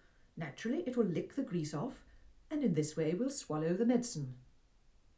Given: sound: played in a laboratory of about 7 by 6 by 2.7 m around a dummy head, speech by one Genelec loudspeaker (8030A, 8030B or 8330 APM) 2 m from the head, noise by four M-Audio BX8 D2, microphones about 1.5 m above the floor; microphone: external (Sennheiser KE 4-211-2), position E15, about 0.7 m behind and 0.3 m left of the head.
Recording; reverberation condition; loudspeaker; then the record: female speech in English; low; 90 degrees to the right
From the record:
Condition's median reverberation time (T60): about 310 ms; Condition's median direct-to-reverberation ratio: about 3.5 dB